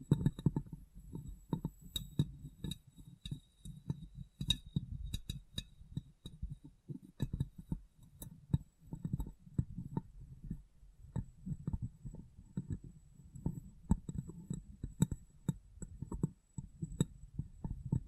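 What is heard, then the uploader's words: Glass being tapped and cleaned, with a rapid, irregular run of soft knocks and brushing touches that continues without pause for the whole stretch. The sound is mostly low and muffled, with occasional sharper clicks and faint ringing tones above it. ASMR Glass Brain Tapping & Cleaning (No Talking).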